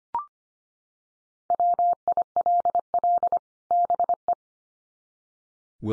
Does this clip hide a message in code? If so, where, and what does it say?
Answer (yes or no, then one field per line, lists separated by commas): yes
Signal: Morse code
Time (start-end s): 1.5-4.3 s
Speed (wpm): 25 wpm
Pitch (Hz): 700 Hz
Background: none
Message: WILL BE